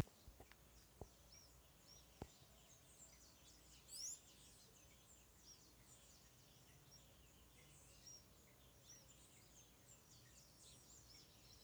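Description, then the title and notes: Birds at dawn give faint, scattered high chirps and tweets, with one brighter sweeping note near the middle and a few soft clicks over a low background hum. Birds singing at dawn, 3 June 2017 at 05:50, Bahia, Brazil, at 12°36'S 38°57'W; recorded in mono on a mobile phone. "Pássaros cantando ao amanhecer. Data: 03/06/2017 Horário: 05:50. Barbara Felix"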